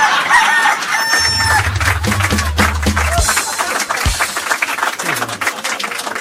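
rooster crowing sound effect

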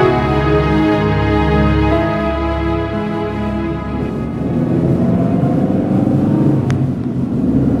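car driving and accelerating

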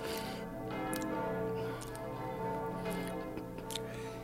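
church bells ringing

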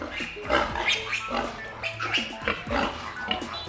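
pig grunting and oinking

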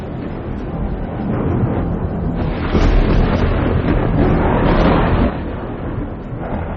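thunder from lightning strikes

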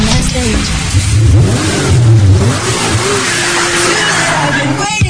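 motorcycle engine revving

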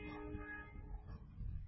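train passing with horn

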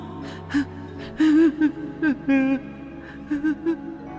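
gasping

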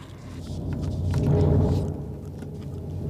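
approaching thunderstorm

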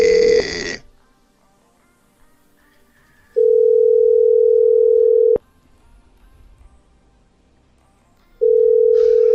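telephone ringback tones

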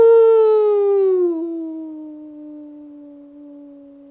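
wolf howling

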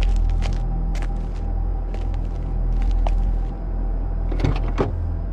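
car door slowly opening

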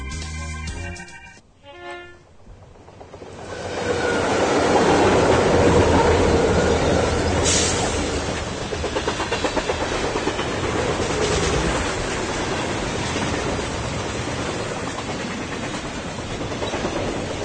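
train passing on rails

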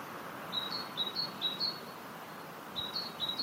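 great tit song

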